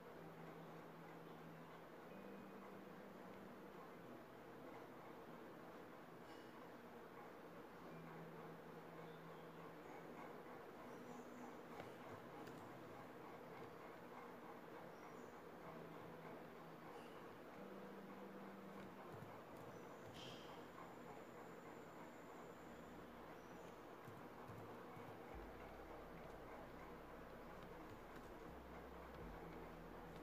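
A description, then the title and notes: Cozy home ambience: a steady, dense hum with low droning tones coming and going, brief faint high beeps near twenty seconds, deeper rumble toward the end. Cozy home ambience.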